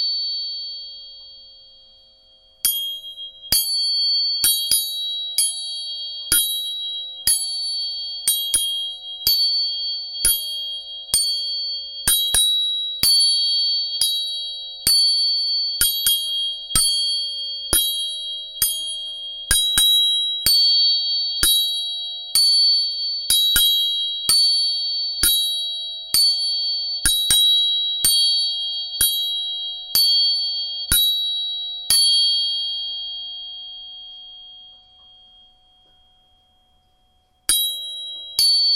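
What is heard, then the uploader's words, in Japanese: A tuning fork is struck again and again, each sharp tap leaving a clear ringing tone that fades, then silence and one final strike. 音叉チューニング3本。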